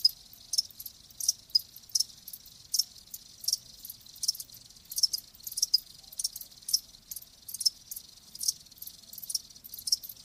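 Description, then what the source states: Crickets chirping steadily in high pulsed bursts. Live crickets chirping, presented as a lulling sleep sound.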